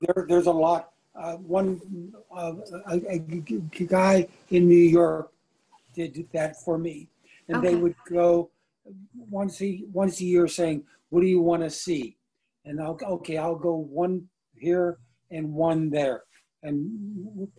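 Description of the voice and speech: A man who had a stroke about two years ago speaks haltingly, with long pauses, drawn-out fillers, restarts and self-corrections: word-finding trouble of aphasia after stroke.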